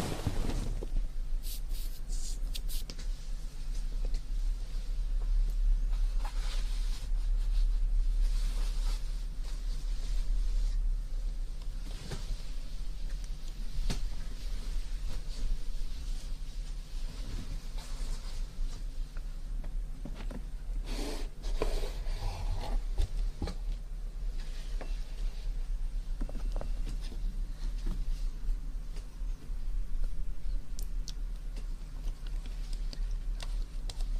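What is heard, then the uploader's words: Muffled ear-cleaning and massage sounds: a steady low rumble with frequent soft scratchy rustles and brief brighter crackles throughout. Ear Cleaning & Ear Massage Water Sounds.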